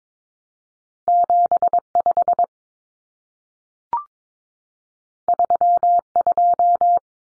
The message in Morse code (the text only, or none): 75 32